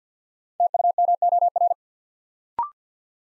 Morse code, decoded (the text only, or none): TUMOR